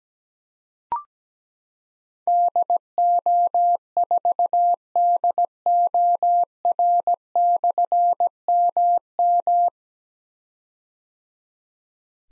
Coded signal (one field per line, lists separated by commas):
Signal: Morse code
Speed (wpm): 17 wpm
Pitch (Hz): 700 Hz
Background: none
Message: DO4DOR/MM